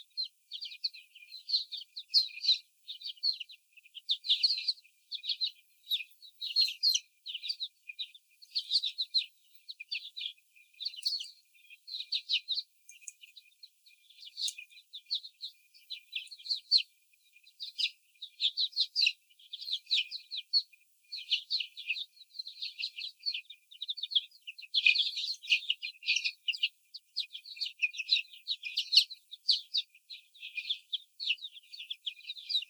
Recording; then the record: young laying hens in a cage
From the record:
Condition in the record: before the stressor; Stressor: sudden umbrella opening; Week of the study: 3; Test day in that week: 2